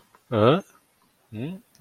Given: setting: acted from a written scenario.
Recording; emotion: vocal sound without words; confusion